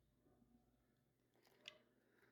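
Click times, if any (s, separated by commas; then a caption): 1.7 s. A converted extension is fitted into the butt of a billiard cue, with quiet handling noise before a sharp click at 1.7 s. The extension is now locked in place and can no longer be pulled out easily.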